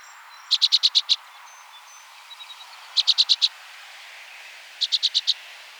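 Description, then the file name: Orchard oriole chatter call: three quick bursts of five or six clipped, harsh notes, spaced about two to two and a half seconds apart, over a quiet background with faint soft chirps. "Orchard Oriole - Icterus spurius"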